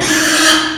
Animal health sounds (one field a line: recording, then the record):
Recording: squeal of a Yucatan mini pig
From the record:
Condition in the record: after surgery on the right vocal fold (resection and tissue-engineered implant)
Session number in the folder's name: 3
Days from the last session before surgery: 33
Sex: male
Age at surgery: 12 weeks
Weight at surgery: 13 kg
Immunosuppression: cyclosporine, prednisolone